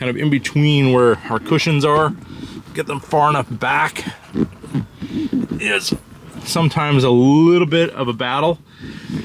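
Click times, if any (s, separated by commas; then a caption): none. Someone talks while pushing the rear seat back of a 2019 Ram truck cab, fitted with Kustom Interiors seat covers, back between the cushions toward its latch on the seat frame. Getting it far enough back takes some effort, and the clip ends before the latch locks; nothing has seated or clicked yet.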